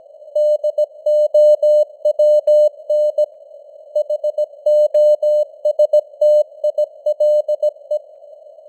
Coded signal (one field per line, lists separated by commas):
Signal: Morse code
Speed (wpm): 17 wpm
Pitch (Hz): 600 Hz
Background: none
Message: DOWN HOSTILE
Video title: Morse Code News | 2025-10-09 | 17wpm